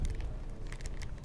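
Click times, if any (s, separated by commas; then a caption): 0.0 s, 0.2 s, 0.7 s, 0.8 s, 0.9 s, 1.0 s. A plastic zip closure on a freezer bag of blanched vegetables is pressed shut along its length after the air has been pressed out of the bag. Short, sharp plastic clicks are heard at 0.1, 0.2, 0.7, 0.8, 0.9 and 1.0 seconds as the zip locks, and the bag is sealed closed.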